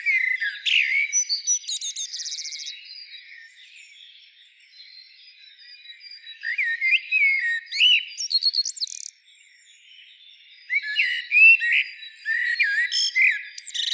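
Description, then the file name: Common blackbird song: short low fluted warbles, each ending in high squeaky twitters, in bursts with pauses between. "Turdus merula"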